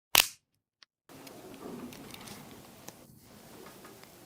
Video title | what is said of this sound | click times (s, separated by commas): Remplacer la pile de la clé intelligente Kia – Comment le faire soi-même | Enfin, on place le dessus du boîtier et on attend d'entendre un clic. | 0.2 s